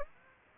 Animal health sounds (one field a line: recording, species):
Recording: mosquito wingbeat signal from an infrared sensor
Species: Aedes aegypti